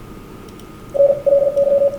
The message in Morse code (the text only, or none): NLY